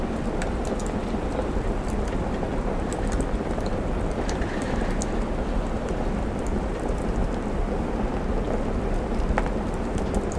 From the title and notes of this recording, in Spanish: Chimenea Acogedora | Lluvia de Otoño en la Ventana. Una chimenea acogedora crepitante y la suave lluvia de otoño y viento golpeando delicadamente la ventana.